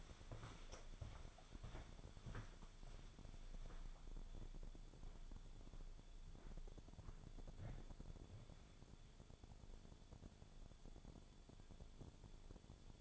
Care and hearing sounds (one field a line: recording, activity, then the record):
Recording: daily activity, microphone in the room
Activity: walk to room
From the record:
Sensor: 5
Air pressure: 1000.0 hPa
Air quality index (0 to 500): 87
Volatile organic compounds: 1 ppm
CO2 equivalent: 716 ppm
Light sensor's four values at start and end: 342/836/355/400 and 336/837/350/393